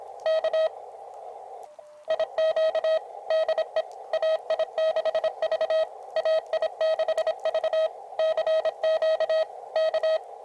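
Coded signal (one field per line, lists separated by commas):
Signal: Morse code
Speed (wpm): 25 wpm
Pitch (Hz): 640 Hz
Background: radio noise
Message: K IQ DE AI6V AI6V CQ K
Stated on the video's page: Outdoor field CW at a ranch, QRP with an Elecraft KX2 and a Packtenna.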